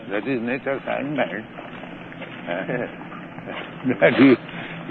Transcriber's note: chuckles